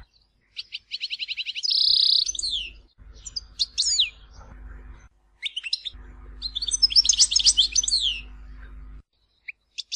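European goldfinch song with fast twittering phrases, a harsh buzzy nasal note, and tinkling trills, broken by pauses, over a low background hum.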